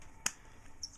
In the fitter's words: Two clicks. And that means it's in.